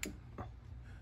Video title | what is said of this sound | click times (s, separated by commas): Compound Bow Basics | it's not it's not supposed to have like three clicks it's supposed to have one | 0.0 s